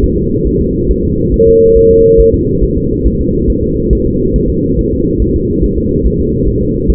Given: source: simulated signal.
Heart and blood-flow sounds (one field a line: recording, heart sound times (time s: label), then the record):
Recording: fetal heart sounds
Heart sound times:
0.04 s: S1
0.18 s: S2
0.47 s: S1
0.61 s: S2
0.91 s: S1
1.05 s: S2
1.34 s: S1
1.48 s: S2
1.77 s: S1
1.91 s: S2
2.20 s: S1
2.34 s: S2
2.63 s: S1
2.77 s: S2
3.07 s: S1
3.21 s: S2
3.50 s: S1
3.64 s: S2
3.93 s: S1
4.07 s: S2
4.36 s: S1
4.50 s: S2
4.79 s: S1
4.93 s: S2
5.22 s: S1
5.36 s: S2
5.64 s: S1
5.78 s: S2
6.06 s: S1
6.21 s: S2
6.48 s: S1
6.62 s: S2
6.90 s: S1
From the record:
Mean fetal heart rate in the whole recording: 140 bpm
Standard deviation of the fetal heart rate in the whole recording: 2 bpm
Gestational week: 34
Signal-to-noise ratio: -14.7 dB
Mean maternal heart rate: 72 bpm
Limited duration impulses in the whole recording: present